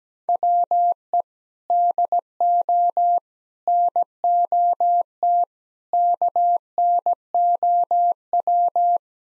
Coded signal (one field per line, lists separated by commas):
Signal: Morse code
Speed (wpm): 17 wpm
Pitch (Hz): 700 Hz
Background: none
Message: WE DO NOT KNOW